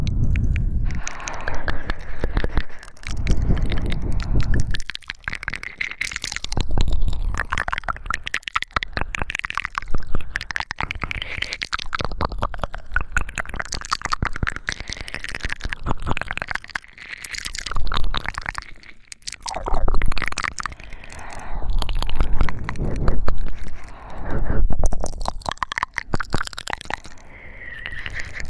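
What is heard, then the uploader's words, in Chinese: Wet mouth sounds and ear-sucking noises, with heavy, rough breathing rising and falling throughout. Dense smacks and clicks crowd the whole stretch over a thick, rumbling low end, and louder breathy swells come every few seconds, especially around the middle and near the end. 口腔音吸耳 喘粗气声。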